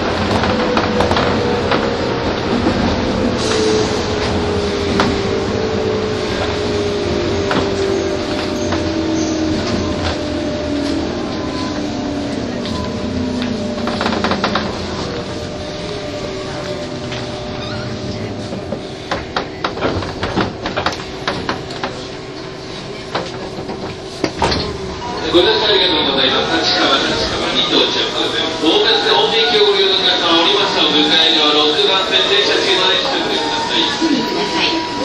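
A train on the Tokyo to Takao run, its motor whine sliding steadily downward over the first fifteen seconds as it slows, with rumble and scattered clicks. Around twenty-five seconds a bright hiss appears and new rising tones begin, under faint voices.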